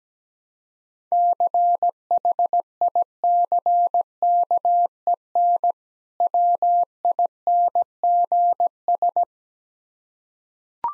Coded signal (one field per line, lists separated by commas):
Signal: Morse code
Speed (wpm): 17 wpm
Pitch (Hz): 700 Hz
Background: none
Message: CHICKEN WINGS